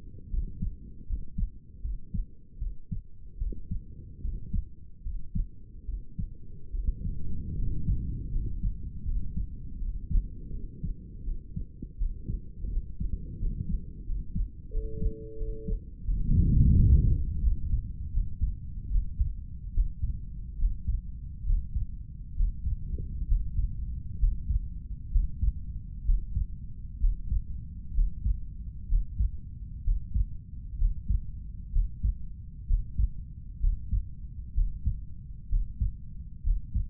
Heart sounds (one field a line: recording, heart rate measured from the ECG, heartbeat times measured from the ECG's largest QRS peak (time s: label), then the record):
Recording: heart sounds by stethoscope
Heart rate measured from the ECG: 73 bpm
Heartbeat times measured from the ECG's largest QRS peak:
0.30 s: heartbeat
1.06 s: heartbeat
1.81 s: heartbeat
2.58 s: heartbeat
3.38 s: heartbeat
4.21 s: heartbeat
5.03 s: heartbeat
5.86 s: heartbeat
6.71 s: heartbeat
7.56 s: heartbeat
8.31 s: heartbeat
9.04 s: heartbeat
9.78 s: heartbeat
10.51 s: heartbeat
11.24 s: heartbeat
11.98 s: heartbeat
12.70 s: heartbeat
13.39 s: heartbeat
14.06 s: heartbeat
14.72 s: heartbeat
15.37 s: heartbeat
16.05 s: heartbeat
16.74 s: heartbeat
17.41 s: heartbeat
18.12 s: heartbeat
18.89 s: heartbeat
19.72 s: heartbeat
20.57 s: heartbeat
21.44 s: heartbeat
22.34 s: heartbeat
23.26 s: heartbeat
24.18 s: heartbeat
25.10 s: heartbeat
26.03 s: heartbeat
26.98 s: heartbeat
27.92 s: heartbeat
28.87 s: heartbeat
29.82 s: heartbeat
30.76 s: heartbeat
31.70 s: heartbeat
32.65 s: heartbeat
33.58 s: heartbeat
34.53 s: heartbeat
35.47 s: heartbeat
36.42 s: heartbeat
From the record:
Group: healthy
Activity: rest 0-16 s, breath hold 16-37 s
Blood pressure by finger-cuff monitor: 115/74 mmHg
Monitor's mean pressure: 83 mmHg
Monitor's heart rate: 73 bpm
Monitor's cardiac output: 6 L/min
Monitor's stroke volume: 81 mL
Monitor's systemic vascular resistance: 1000 dyn s/cm5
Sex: male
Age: 35 years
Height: 180 cm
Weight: 86.9 kg